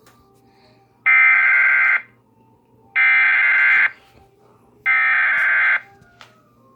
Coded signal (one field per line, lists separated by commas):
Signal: Emergency Alert System (SAME) tones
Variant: header bursts